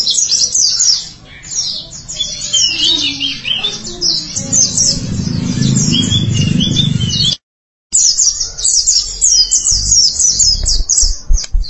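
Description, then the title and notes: White-eye song: high, rapid chirping and trilling over a low rumbling background, cut by a brief silent gap before the twittering resumes. "Suara kicauan burung pleci"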